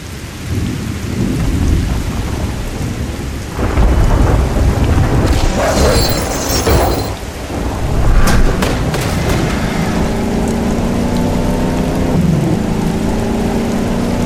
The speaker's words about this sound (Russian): Шторм накатывал на город. Молнии били в железную башню на вершине Кальварии ежеминутно. Яркие всполохи слепили глаза. Гром заставлял дребезжать стекла самоходного аппарата. А порывы ветра едва не сдували с дороги.